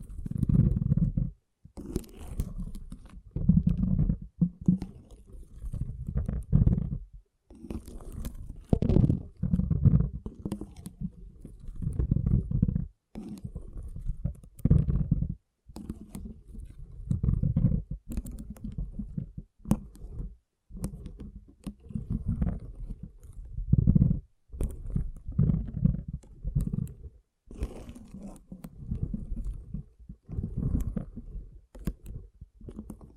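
Water beads squish and shift in dense, low bursts with short silent gaps, a soft wet churning that repeats irregularly throughout.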